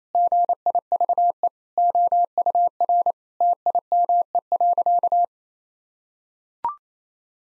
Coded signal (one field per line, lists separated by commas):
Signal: Morse code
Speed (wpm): 27 wpm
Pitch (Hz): 700 Hz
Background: none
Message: GIVE OUR TIME.